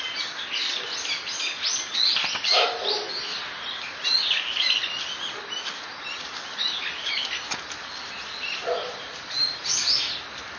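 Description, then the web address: Birds chirping: many quick, high tweets in irregular bursts, with a few lower, softer notes mixed in and constant background noise. Recorded on 23 October 2013. "itoshikimono SOB TORINOKOE 20131023"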